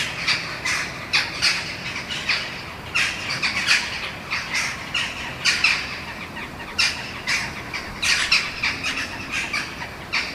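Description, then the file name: Eurasian jackdaws giving many short, abrupt 'chak' calls, repeated irregularly with brief pauses. "kawki"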